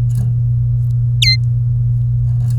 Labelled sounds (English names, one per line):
Domestic Canary song